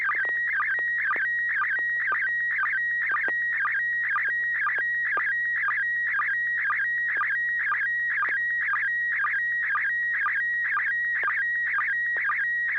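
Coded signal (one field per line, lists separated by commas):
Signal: SSTV (slow-scan television)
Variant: PD120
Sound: warbling tone mostly holding one pitch, chirping down regularly about twice a second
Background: low steady hum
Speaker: that this is a November 6 hotel Alpha and this will be a pd20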